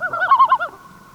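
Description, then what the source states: Yellow-billed Loon alarm call, a short burst of deep, laughing notes in quick succession lasting under a second, then a faint fading tone. Deep laughing call given when startled or to warn others.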